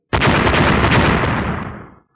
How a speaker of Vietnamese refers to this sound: Lại một âm thanh nổ mạnh vang lên